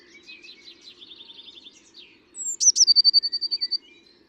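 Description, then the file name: Eurasian blue tit singing: soft high twitters at first, then two thin high notes dropping into a quick, bright trill, over a faint steady low hum. "Cyanistes caeruleus"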